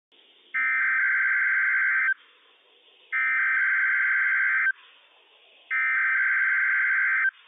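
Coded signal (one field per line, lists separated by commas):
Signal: Emergency Alert System (SAME) tones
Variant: header bursts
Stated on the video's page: Required weekly test issued by the NWS office in Pendleton, Oregon, for several Washington counties.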